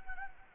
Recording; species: mosquito wingbeat signal from an infrared sensor; Anopheles gambiae